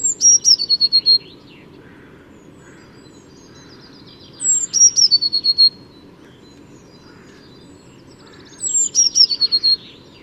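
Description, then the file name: Eurasian blue tit calling: sharp, very high notes dropping into a fast chattering trill, repeated three times roughly every four seconds against steady low noise. "Cyanistes caeruleus"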